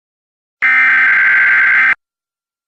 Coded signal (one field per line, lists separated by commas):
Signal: Emergency Alert System (SAME) tones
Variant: header bursts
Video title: EAS Severe Thunderstorm Warning (Pike, OH and Ross, OH Counties)